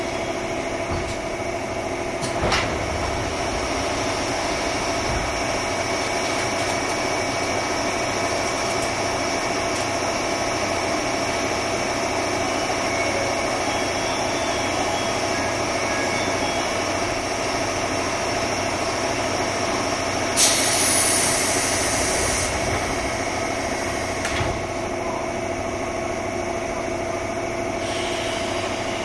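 A JR 201-series train gives a steady, even rumble with a constant whining tone running through it, barely changing in level. A short bright hiss bursts out around the twenty-second mark, and single clunks land near the start and around twenty-five seconds.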